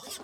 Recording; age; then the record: pig call; piglet (1 to 25 days)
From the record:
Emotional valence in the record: negative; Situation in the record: short isolation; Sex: female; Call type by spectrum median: high-frequency call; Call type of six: high-frequency stable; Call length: 0.23 s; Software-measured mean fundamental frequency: 150 Hz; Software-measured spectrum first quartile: 1750 Hz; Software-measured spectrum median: 4617 Hz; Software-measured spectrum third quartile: 7385 Hz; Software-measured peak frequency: 413 Hz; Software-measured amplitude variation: 129 dB a second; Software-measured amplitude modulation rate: 19.2 a second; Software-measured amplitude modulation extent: 6.7 dB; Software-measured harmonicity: 0.7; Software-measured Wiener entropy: -1.56